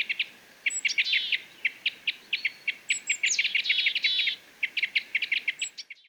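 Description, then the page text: Parrot crossbill giving sharp, clipped chip calls at a fast, uneven pace, densest near the middle. "Jelmer Poelstra - Клёст-сосновик (Loxia pytyopsittacus)"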